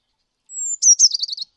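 Bird song: a thin, high, slightly falling whistle, then a quick buzzy trill of rapid notes, lasting about one second, with no other sounds.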